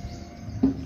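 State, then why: Not seated. Someone handles the plastic detergent dispenser lid on a dishwasher door compartment after detergent has been put in, moving it down to lock it shut. Low background rumble is heard, with one brief, louder low-pitched bump at about 0.6 s. Nothing has seated or clicked yet.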